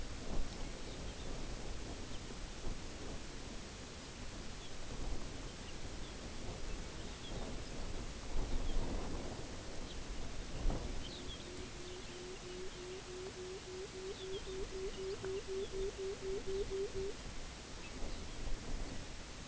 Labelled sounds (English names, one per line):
unidentified sound
Pectoral Sandpiper